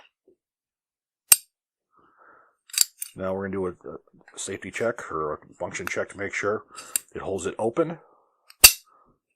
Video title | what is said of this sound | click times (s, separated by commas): Brownells Retro Rifle A1 Build - Part 2 | gonna rotate till we hear that click now | 1.3 s